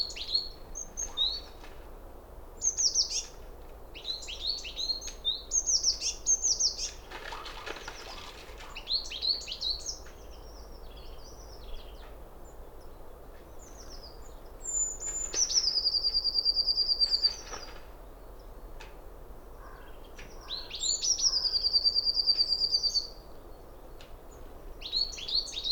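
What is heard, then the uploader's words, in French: Blue and coal tits sing in bright, high chirps and trills, with busy phrases through the first ten seconds and longer descending trilled songs near 15 and 21 seconds. A brief rustling burst comes around 7 to 8 seconds, over a low, steady outdoor hum. Ecureuil en vadrouille. Val Maravel - Nagra LB - Telinga P7. Un écureuil profite d'une chaude éclaircie pour parcourir son territoire. Mésanges bleues et noires chantent.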